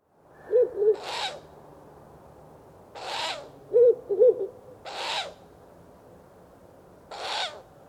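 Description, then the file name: Owl calls: two pairs of brief low hoots alternating with harsh, breathy hiss-like bursts, the last hiss fainter. "owl tsugai"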